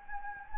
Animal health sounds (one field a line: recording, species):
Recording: mosquito wingbeat signal from an infrared sensor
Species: Anopheles gambiae